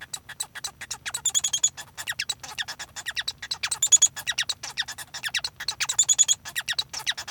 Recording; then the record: song of a male Bengalese finch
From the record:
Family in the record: son of father 1